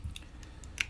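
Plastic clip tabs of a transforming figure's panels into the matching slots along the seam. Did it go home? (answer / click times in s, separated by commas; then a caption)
yes / 0.2 s, 0.8 s. The plastic clip tabs on the car-mode panels of a Hasbro Selects War for Cybertron Transformers Smokescreen action figure are pressed together so the row of clips along the seam snaps into the matching slots. Sharp, short plastic clicks sound at 0.2 s and 0.8 s, with fainter ticks around them. The panels click into position and seat along the seam.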